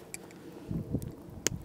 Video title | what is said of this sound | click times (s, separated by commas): TriLite Stool - Byer of Maine - Field Review | pop that into here hear it snap | 1.5 s